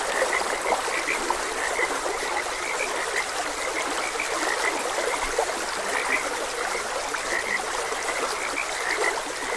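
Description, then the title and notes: A chorus of frogs croaking steadily, with the even wash of a stream throughout. Frogs croaking beside a gentle stream. "Gentle Stream and Frogs Croaking. Sleep and Relaxation Podcast"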